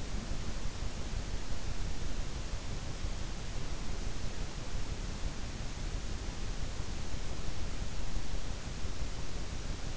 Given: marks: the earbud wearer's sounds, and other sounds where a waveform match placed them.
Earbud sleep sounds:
sounds in sleep by an in-ear microphone; breath
0.00-0.85 s: breath

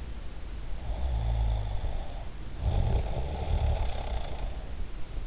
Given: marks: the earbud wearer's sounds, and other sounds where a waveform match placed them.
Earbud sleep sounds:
sounds in sleep by an in-ear microphone; snoring breath
0.60-4.52 s: snoring breath

